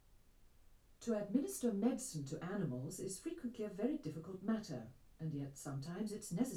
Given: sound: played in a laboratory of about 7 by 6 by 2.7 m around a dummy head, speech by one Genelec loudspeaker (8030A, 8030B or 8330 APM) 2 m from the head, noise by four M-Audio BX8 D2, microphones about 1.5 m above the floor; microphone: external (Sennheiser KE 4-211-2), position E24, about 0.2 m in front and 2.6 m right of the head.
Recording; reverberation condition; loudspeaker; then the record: female speech in English; low; 30 degrees to the right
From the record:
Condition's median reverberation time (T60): about 310 ms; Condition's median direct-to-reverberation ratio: about 3.5 dB